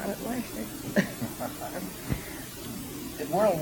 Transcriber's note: laughter